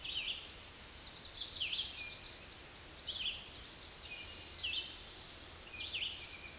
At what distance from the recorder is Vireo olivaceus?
about 25 m